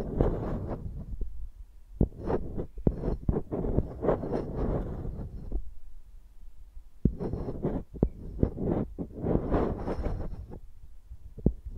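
A microphone is used like a pencil, scraping and scribbling across a surface with low thumps and sharp knocks mixed in. The rough scratching comes in dense bursts, pauses around six to seven seconds, then resumes before thinning out near the end.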